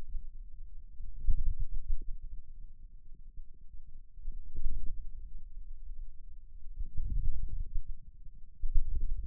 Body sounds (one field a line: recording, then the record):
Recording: forearm muscle sounds (acoustic myography)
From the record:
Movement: inward rotation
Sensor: system 2, bracelet of six BSWA MPA416 microphones around the upper forearm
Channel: 2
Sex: male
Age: 22 years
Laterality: right